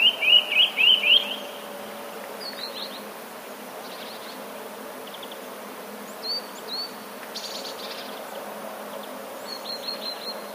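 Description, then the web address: Eurasian nuthatch call: an opening burst of five quick rising whistles, followed by faint scattered chirps and steady background hiss. Recorded 13 January 2019. "wroblowe kolekcja kowalik 13 01 2019"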